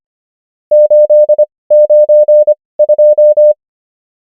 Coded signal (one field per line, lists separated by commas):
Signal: Morse code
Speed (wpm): 25 wpm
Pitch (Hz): 600 Hz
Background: none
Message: 892